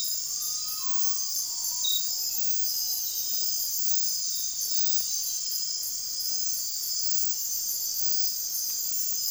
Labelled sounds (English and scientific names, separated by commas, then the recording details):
none
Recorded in dense forest near Puerto Asís, Putumayo, Colombia, on 13 March 2025 at 02:30
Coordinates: 0.503, -76.323
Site GP09